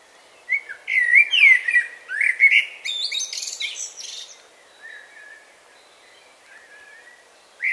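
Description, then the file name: Common blackbird singing a mellow warbled phrase with a high scratchy twitter, followed by soft quiet whistles and the start of a new phrase at the end. "Turdus merula"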